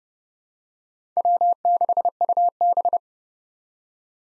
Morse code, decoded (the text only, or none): W6UB